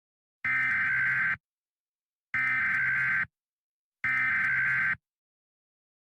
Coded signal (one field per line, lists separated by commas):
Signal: Emergency Alert System (SAME) tones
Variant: header bursts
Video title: EAS Scenario: The Return Of The Babylon Virus